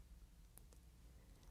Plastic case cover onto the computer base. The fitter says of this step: Put the front of the case on and lower the back until it clicks into place.